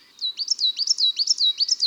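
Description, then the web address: Coal tit song: a rapid run of high, ringing two-note phrases repeated several times, evenly spaced. Recorded in March. "Mars La Mesange noire. les-4-saisons-des-chants-doiseaux"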